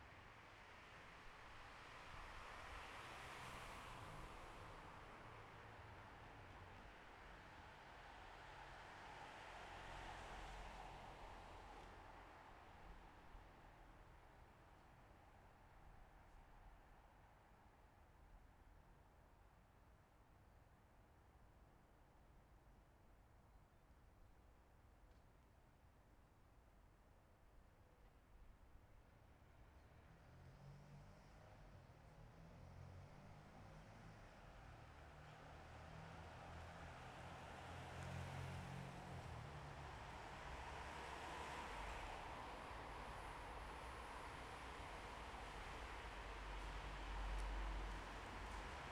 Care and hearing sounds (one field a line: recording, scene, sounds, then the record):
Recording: everyday scene through a hearing-aid microphone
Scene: in traffic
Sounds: traffic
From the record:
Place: bus stop on a city main road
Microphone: behind the ear, left, rear